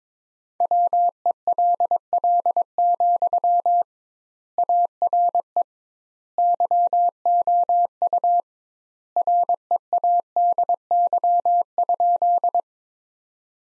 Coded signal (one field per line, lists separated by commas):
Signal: Morse code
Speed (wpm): 21 wpm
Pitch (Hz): 700 Hz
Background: none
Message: WELL, ARE YOU READY?